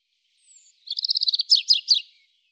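European robin song: a fast, even series of high ticking notes followed by three louder descending slurred notes, all in one brief phrase.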